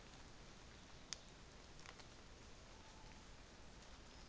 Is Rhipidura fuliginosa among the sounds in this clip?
no